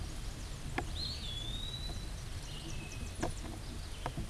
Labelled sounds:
Eastern Wood-Pewee (Contopus virens) song
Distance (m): 15 m
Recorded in a Pennsylvania forest on 17 May 2023 at 13:22
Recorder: AudioMoth, point grid1_33_low
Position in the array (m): 56 m, 124 m

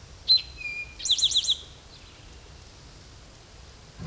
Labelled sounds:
Eastern Towhee (Pipilo erythrophthalmus) song
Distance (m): 5 m
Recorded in a Pennsylvania forest on 17 May 2023 at 13:15
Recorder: AudioMoth, point grid1_8_low
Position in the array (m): 120 m, 84 m

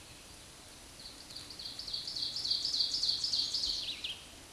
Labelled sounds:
Ovenbird (Seiurus aurocapilla) song
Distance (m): 25 m
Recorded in a Pennsylvania forest on 17 May 2023 at 13:40
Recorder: AudioMoth, point grid1_7_low
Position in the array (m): 170 m, 88 m

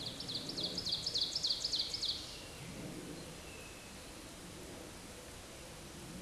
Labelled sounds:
Ovenbird (Seiurus aurocapilla) song
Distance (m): 45 m
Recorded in a Pennsylvania forest on 17 May 2023 at 13:24
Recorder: AudioMoth, point grid1_2_low
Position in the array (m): 148 m, 63 m

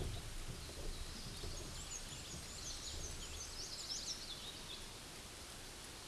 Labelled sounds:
Black-and-white Warbler (Mniotilta varia) song
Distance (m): 40 m
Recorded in a Pennsylvania forest on 18 May 2023 at 14:00
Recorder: AudioMoth, point grid1_4_low
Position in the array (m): 69 m, 90 m

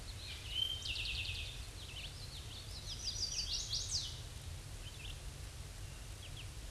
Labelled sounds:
Chestnut-sided Warbler (Setophaga pensylvanica) song
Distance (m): 15 m
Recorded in a Pennsylvania forest on 18 May 2023 at 06:25
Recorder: AudioMoth, point grid1_40_low
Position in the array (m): 128 m, 215 m

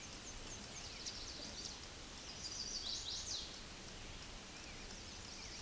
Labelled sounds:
Chestnut-sided Warbler (Setophaga pensylvanica) song
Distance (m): 35 m
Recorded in a Pennsylvania forest on 18 May 2023 at 06:20
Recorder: AudioMoth, point grid1_24_low
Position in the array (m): 120 m, 210 m

